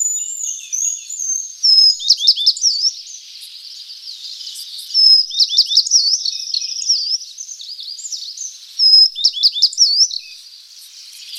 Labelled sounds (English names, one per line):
Tristram's Bunting song